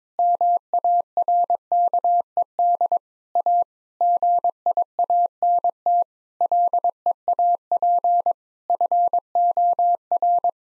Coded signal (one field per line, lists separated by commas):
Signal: Morse code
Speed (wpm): 22 wpm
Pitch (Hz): 700 Hz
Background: none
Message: MARKED A GIANT LEAP FOR